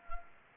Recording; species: mosquito wingbeat signal from an infrared sensor; Anopheles gambiae